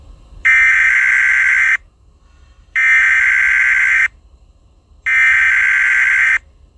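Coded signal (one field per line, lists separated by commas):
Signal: Emergency Alert System (SAME) tones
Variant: header bursts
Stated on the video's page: Fictional EAS scenario alert.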